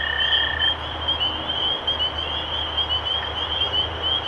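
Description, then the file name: Spring peepers calling in a dense chorus, many high, clear peeps overlapping continuously, with a brief steady tone at the start and a low rumble underneath. Recorded 23 March 2012. "Peepers-2012-0323"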